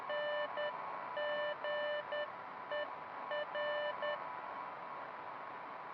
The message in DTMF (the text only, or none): none